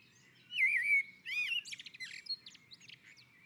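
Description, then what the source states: Common blackbird with a clear wavering whistled note, then a slurred phrase and a tumble of high scratchy twitters. On a roof.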